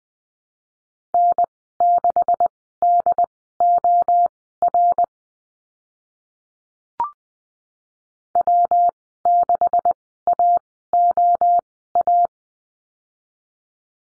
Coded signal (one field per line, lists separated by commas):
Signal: Morse code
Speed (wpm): 20 wpm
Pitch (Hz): 700 Hz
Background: none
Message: N6DOR W6AOA